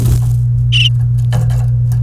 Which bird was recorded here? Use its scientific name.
Serinus canaria